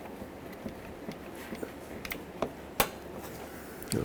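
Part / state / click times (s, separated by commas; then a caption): transmission cooler line into cooler fitting / seated / 2.8 s. The upper transmission cooler line of a 2007-2010 Chrysler Sebring, fitted with its c-clip, is pushed into its cooler fitting during an A/C condenser replacement. A few light ticks and taps come before a sharp snap at 2.8 s, when the line seats. A brief rattle follows near the end.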